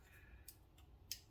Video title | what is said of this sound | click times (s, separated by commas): Benchmade Bugout Axis Lock upgrade to Glow Rhino | there we go I had to pull back on the axis lock and that popped into place there | 1.1 s